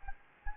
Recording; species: mosquito wingbeat signal from an infrared sensor; Anopheles gambiae